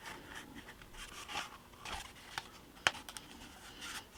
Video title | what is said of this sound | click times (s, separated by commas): Building a Pharmacy for our model railroad layout. | Okay, it all snapped in place. | 2.9 s